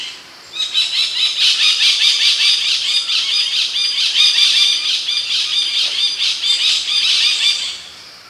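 Layard's parakeet chatter: a rapid, continuous stream of shrill, squealing notes for about seven seconds, fast and uneven.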